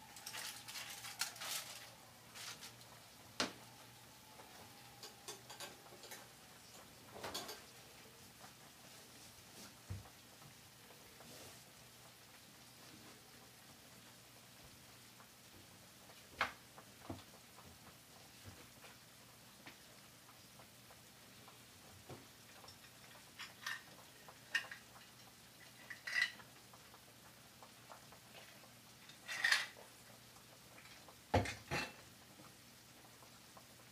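Make-ahead food is prepared for packed lunches over a steady low hum that runs throughout. Scattered taps, clicks and dish clatters come irregularly, busiest at the start, around seven seconds, and between 24 and 32 seconds, with quieter gaps between.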